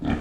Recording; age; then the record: pig call; growing-finishing pig (85 days or more)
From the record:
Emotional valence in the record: negative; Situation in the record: barren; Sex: female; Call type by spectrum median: low-frequency call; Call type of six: low-frequency stable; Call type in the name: low-frequency stable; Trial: 1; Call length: 0.21 s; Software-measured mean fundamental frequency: 52 Hz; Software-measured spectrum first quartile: 182 Hz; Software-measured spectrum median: 303 Hz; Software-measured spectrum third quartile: 838 Hz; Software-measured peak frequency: 269 Hz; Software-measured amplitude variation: 176 dB a second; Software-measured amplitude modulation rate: 25.9 a second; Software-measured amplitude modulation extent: 6.8 dB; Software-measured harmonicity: -1.8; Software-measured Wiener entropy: -0.98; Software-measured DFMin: 502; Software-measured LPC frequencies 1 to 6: 1682, 2352, 3189, 4500, 5863, 6593 Hz